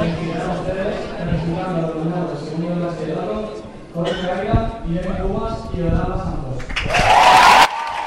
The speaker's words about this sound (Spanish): Ahora sí, acaba de terminar el representante del AMPA. Como escuchan, la gente aplaude.